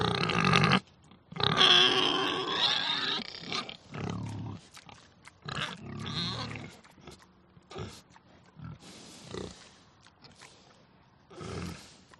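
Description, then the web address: Pigs squealing loudly in long harsh bursts, then lower grunts and snorts with pauses between. Agitated, crazed pigs. "sonido de cerdos enloquecidos"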